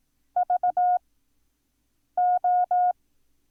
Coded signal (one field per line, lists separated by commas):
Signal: Morse code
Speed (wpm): 18 wpm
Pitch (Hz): 720 Hz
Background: none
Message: VO